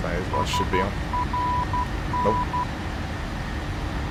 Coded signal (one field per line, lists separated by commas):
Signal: Morse code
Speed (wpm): 12 wpm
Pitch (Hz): 990 Hz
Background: speech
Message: SRN